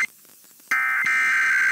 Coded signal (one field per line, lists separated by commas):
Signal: Emergency Alert System (SAME) tones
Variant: end-of-message bursts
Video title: April Weekend Tests Finale (EAS #17627-17633) 4/27-28/24